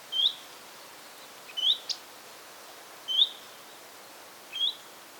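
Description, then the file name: Common redstart giving four thin rising whistled notes spaced over five seconds, one followed by a sharp clicking tick, with soft steady background noise. "Gartenrotschwanz Ruf"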